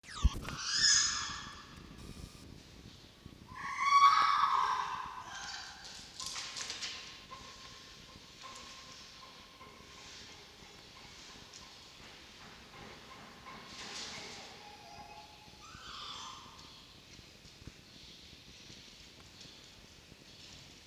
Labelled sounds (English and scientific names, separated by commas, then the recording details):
Red Fox (Vulpes vulpes)
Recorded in captivity
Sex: female
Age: juvenile
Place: Zoologisches Institut der HUB, Berlin, DE
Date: 1953-06-23 10:30
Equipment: Elmetra
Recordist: Tembrock, Günter
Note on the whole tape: Fanny (will nach oben): Winseln